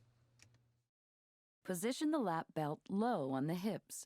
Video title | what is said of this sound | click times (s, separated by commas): 2004 Volvo XC90 Manual in Motion | To buckle a seat belt, pull the belt out far enough to insert the latch into the receptacle until you hear a click. | 0.4 s